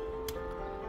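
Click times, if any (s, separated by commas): 0.3 s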